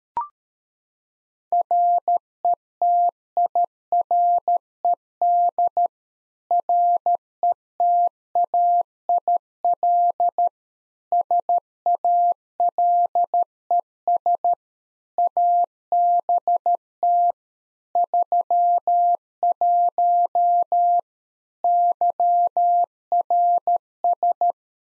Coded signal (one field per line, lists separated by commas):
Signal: Morse code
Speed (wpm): 13 wpm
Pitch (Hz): 700 Hz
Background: none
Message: RETIRED RETAIL SALES ABT 31 YRS